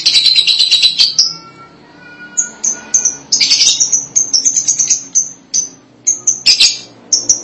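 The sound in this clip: Lovebird calls: sharp high chirps repeated in quick runs, with bursts of harsh chattering between short pauses.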